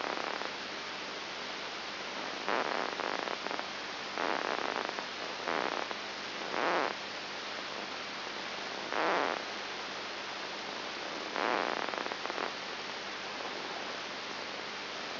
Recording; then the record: brain microelectrode recording played as sound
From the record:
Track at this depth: inside the subthalamic nucleus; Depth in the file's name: 4.901 mm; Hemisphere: left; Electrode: 3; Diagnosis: Parkinson's disease